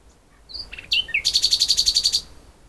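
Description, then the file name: Common nightingale singing a whistle and some chattering notes, then a fast, even trill of repeated pulses. "Luscinia megarhynchos"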